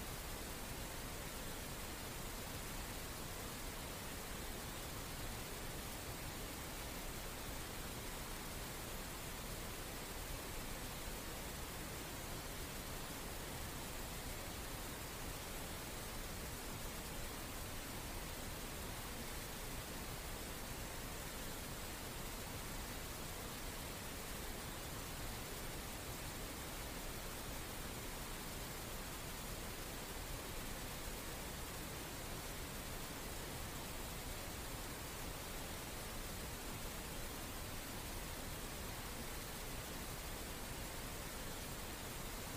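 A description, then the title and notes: Pink noise plays without pause, a dense, even hiss that never shifts in level or character across the whole stretch. The sound leans slightly toward the lower, softer side rather than sharp and bright, with no separate events or background sounds. Soothing Pink Noise.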